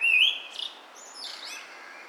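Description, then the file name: Common blackbird call: a thin, high whistled note rising slightly, followed by faint softer chirps and a quiet hiss of background noise. "Turdus merula"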